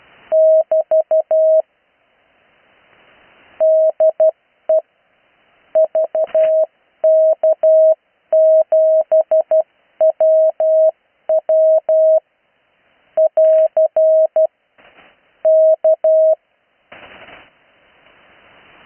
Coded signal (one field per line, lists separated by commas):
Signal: Morse code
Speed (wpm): 12 wpm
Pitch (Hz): 630 Hz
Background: none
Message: <BT> DE VK7WW <AR> K